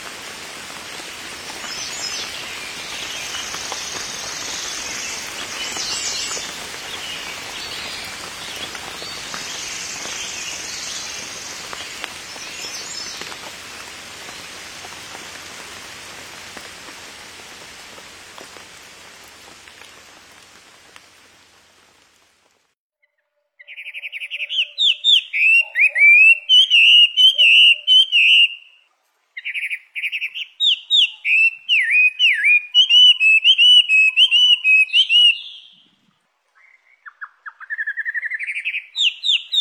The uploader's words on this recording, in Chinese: 鸟儿在雨中歌唱。画眉百转千回的天籁之音。